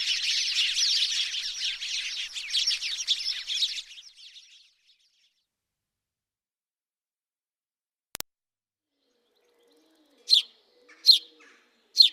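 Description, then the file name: House sparrow sounds: a dense, noisy chattering chorus for about four seconds, a sharp click, then three spaced single chirps near the end. "moineau domestique"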